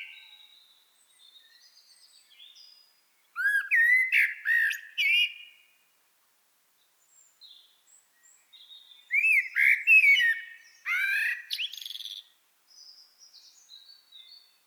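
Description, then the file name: Common blackbird song: several loud mellow whistled phrases trailing into thin squeaky twitters, with quieter high chattering notes between them. "Turdus merula"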